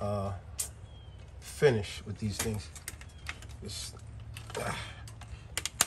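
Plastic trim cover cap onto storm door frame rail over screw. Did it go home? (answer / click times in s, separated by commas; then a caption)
yes / 5.8 s. A plastic snap-on trim cover cap is pressed over a screw on an Anderson storm door's hinge or expander rail to give a finished look. Someone talks, then a few small taps lead to a sharp snap at 5.8 s as the cap seats into place.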